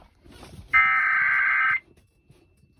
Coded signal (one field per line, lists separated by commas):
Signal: Emergency Alert System (SAME) tones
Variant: header bursts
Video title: EAS#2 Tornado Warning (3/16/2025)